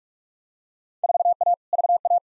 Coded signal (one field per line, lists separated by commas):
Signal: Morse code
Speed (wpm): 46 wpm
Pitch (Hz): 700 Hz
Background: none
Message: 4A VA